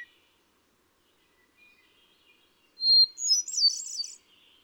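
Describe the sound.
Hermit thrush: faint fragments, then a loud phrase with a high pure whistle leading into a fast, shimmering tangle of notes.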